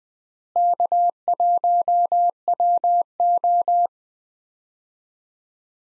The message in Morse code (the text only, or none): K1WO